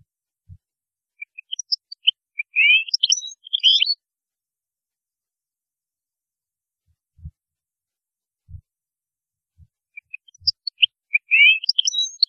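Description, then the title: European goldfinch song: two bursts of quick, tinkling, twittering notes, set apart by several seconds of quiet, with soft low thumps. "Chant Chardonneret"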